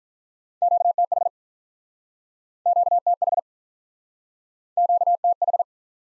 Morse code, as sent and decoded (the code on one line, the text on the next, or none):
--.- - .... / --.- - .... / --.- - ....
QTH QTH QTH